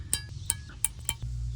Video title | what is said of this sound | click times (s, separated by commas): EASY 2013-2018 Acura ILX Front Brake Replacement - Step-By-Step DIY | now we can assemble the caliper bracket first thing is to take your clips that we've already greased up and they just click right into place | 0.1 s, 0.5 s, 0.9 s, 1.1 s